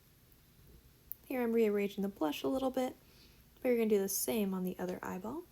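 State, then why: Seated. A gray-tan plastic washer is pressed between the fingers onto the post of a plastic safety eye on a crocheted whale toy, snapping on with a sharp click at 1.1 s. The washer seats tight on the post, and then someone talks.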